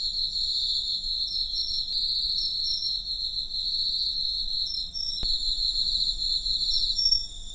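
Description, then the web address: Cricket song: high, ringing trills running unbroken, with a faint click near five seconds. "Hoerbeispiele Grillen"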